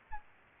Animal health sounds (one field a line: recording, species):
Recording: mosquito wingbeat signal from an infrared sensor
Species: Aedes albopictus